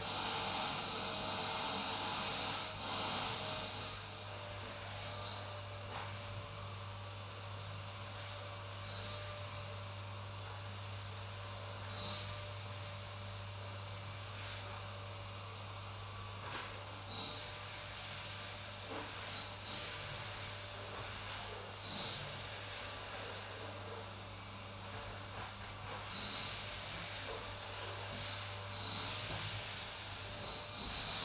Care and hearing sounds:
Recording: daily activity, microphone in the room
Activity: vacuum cleaning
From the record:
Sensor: 2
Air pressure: 991.7 hPa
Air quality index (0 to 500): 203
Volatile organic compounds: 1000 ppm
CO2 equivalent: 6707 ppm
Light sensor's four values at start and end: 26/82/32/29 and 26/82/32/30

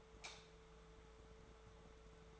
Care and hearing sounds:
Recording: daily activity, microphone in the room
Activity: light off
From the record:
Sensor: 3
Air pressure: 1014.8 hPa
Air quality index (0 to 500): 193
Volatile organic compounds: 25 ppm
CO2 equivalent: 2824 ppm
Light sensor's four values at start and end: 13/35/14/14 and 11/26/10/11

